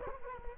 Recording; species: mosquito wingbeat signal from an infrared sensor; Culex quinquefasciatus